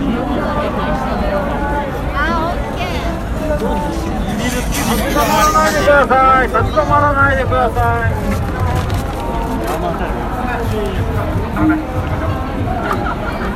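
A Halloween crowd in Shibuya fills the air with many overlapping voices, talk and calls blending into a dense, unbroken babble. The level stays fairly steady, with a slightly louder stretch of raised voices around five to seven seconds and a low rumble underneath throughout.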